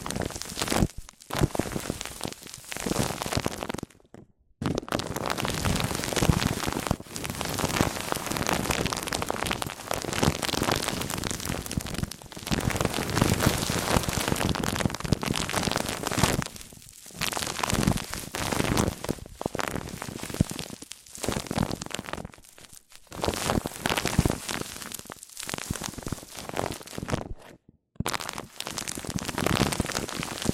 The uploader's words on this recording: ASMR MIC ON MIC Triggers Richer Sounds, Intense Tingles! (No Talking).